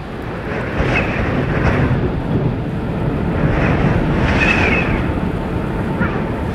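A small storm that arose very suddenly roars steadily, with gusting wind battering the microphone and a deep, continuous rumble underneath, loud and unbroken for several seconds with no distinct thunderclap.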